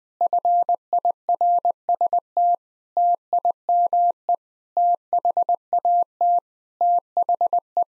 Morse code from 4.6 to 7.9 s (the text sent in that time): THAT THE